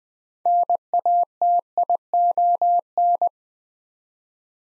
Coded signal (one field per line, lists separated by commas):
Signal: Morse code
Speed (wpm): 20 wpm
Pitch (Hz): 700 Hz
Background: none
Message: NATION